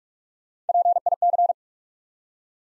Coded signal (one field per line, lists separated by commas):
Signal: Morse code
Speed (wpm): 44 wpm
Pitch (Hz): 700 Hz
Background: none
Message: PIC